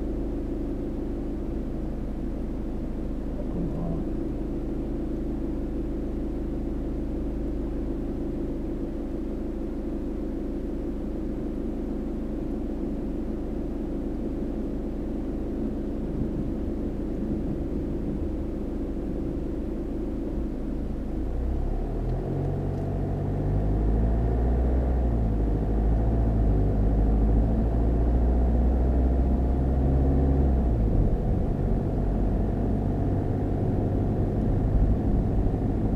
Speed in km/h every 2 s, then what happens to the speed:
0, 0, 0, 0, 0, 0, 0, 0, 0, 0, 0, 6, 15, 23, 27, 32, 34, 35.
0-21 standing. 21-36 pulls away to 35.